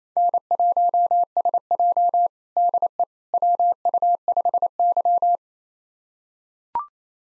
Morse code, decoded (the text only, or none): N1SJ DE WU5Y